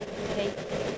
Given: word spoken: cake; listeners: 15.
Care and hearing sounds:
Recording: one English word in noise, from a listening test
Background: noise modulated by three-talker babble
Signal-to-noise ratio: -4.1 dB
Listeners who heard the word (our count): 6 of 15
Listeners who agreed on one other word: 6 of 15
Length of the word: 0.58 s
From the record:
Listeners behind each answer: 6, 6, 1, 1, 1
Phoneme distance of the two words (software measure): 10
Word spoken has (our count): 1 syllable, 3 phonemes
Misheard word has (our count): 1 syllable, 3 phonemes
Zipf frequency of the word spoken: 4.81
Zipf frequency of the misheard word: 6.08

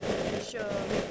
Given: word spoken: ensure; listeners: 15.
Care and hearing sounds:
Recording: one English word in noise, from a listening test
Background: noise modulated by three-talker babble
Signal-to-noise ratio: -3.3 dB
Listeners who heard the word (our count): 5 of 15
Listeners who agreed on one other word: 6 of 15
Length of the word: 0.72 s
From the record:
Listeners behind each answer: 6, 5, 3, 1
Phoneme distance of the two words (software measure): 14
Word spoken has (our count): 2 syllables, 4 phonemes, stress on syllable 2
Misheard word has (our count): 1 syllable, 2 phonemes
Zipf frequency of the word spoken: 4.72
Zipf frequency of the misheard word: 5.80

